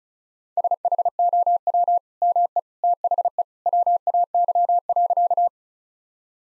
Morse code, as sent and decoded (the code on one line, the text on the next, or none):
... .... --- .-- / -- . / - .... . / .-- .- -.-- .-.-.-
SHOW ME THE WAY.